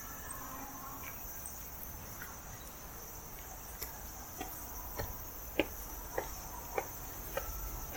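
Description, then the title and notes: Cicada song, a continuous thin high buzz, joined by soft then stronger clicks in the second half. Recorded 16 September 2022, day 11; the recordist is unsure whether it is a large brown cicada or a bear cicada. "アブラゼミ？クマゼミ？ ＃あさりー"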